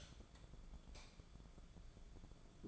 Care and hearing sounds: daily activity, microphone in the room; light on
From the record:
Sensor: 5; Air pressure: 1010.3 hPa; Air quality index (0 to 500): 116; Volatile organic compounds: 2 ppm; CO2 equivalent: 1137 ppm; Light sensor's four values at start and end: 519/1334/550/624 and 519/1333/550/623

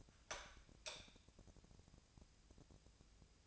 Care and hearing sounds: daily activity, microphone in the room; light on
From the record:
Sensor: 2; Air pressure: 999.8 hPa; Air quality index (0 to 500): 116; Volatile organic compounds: 2 ppm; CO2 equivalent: 1004 ppm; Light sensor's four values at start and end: 33/82/35/39 and 37/98/41/45

